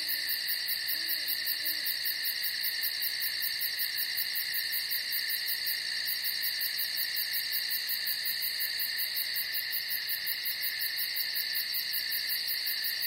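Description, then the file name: Cricket chirring nonstop in an even high-pitched trill with fast regular pulses. "Strekotanie sverchka"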